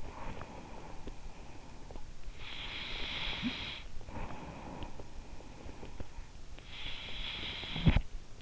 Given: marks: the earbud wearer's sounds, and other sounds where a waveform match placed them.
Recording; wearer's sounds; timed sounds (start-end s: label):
sounds in sleep by an in-ear microphone; snoring breath, breath
0.00-2.41 s: snoring breath
2.40-6.65 s: breath
6.65-8.42 s: snoring breath